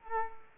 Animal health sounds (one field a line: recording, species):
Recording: mosquito wingbeat signal from an infrared sensor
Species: Culex quinquefasciatus